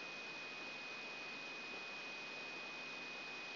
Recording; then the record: brain microelectrode recording played as sound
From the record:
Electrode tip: outside the subthalamic nucleus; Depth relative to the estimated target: -8 mm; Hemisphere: right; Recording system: AlphaMap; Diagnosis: Parkinson's disease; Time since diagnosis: 16 years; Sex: male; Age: 60 years